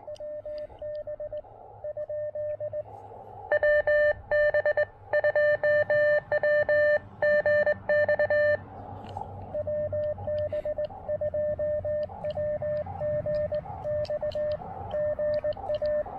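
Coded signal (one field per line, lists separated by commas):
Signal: Morse code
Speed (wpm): 20 wpm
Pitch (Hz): 590 Hz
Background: radio noise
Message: WB ? WB 2WGX WB2WGX GA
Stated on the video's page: Portable QRP Morse activation on 20 meters using an Elecraft KX2 with the AX1 antenna.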